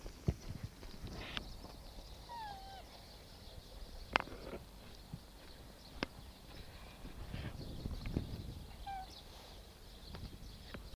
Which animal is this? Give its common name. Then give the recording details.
Wapiti. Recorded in captivity. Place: Tierpark Berlin, Berlin, DE. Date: 1968-01-27 10:00. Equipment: R.20/1, Sennheiser MD 421. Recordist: Tembrock, Günter